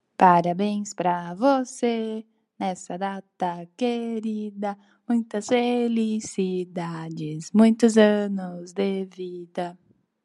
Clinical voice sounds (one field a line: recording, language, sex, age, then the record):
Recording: short text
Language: Brazilian Portuguese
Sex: female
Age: 20 to 29 years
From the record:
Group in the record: control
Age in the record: 24 years